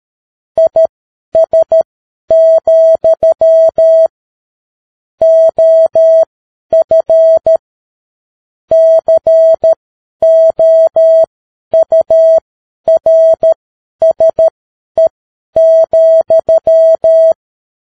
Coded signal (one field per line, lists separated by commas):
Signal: Morse code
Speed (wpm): 13 wpm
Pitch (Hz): 650 Hz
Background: music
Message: IS, OF COURSE,